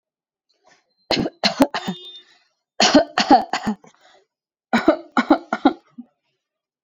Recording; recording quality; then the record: shallow voluntary cough; excellent, no background noise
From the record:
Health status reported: COVID-19 positive, no symptoms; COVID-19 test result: positive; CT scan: not taken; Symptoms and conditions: cough, cold, fever, muscle pain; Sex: female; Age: 35 years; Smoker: no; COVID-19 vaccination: none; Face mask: worn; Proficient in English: yes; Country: India